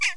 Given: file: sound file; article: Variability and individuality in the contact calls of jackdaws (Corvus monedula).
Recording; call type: jackdaw call; harmonic